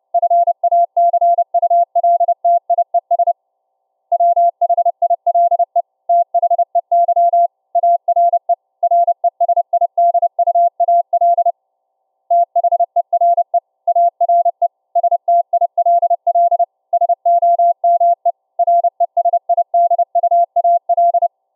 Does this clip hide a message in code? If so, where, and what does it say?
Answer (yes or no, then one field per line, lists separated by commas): yes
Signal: Morse code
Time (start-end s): 0.1-21.3 s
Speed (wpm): 31 wpm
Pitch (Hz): 690 Hz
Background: none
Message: FACULTIES WHILE THEY ARE RESIDUAL THERE ARE STILL SOME RESIDUAL